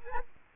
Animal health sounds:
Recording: mosquito wingbeat signal from an infrared sensor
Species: Culex quinquefasciatus

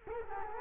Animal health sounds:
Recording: mosquito wingbeat signal from an infrared sensor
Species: Culex quinquefasciatus

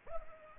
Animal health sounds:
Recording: mosquito wingbeat signal from an infrared sensor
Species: Culex pipiens

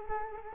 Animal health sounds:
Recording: mosquito wingbeat signal from an infrared sensor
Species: Culex quinquefasciatus

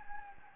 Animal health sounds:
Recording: mosquito wingbeat signal from an infrared sensor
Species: Anopheles gambiae

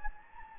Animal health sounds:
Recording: mosquito wingbeat signal from an infrared sensor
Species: Anopheles gambiae

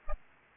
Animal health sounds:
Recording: mosquito wingbeat signal from an infrared sensor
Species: Aedes aegypti

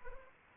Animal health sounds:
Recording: mosquito wingbeat signal from an infrared sensor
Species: Anopheles arabiensis

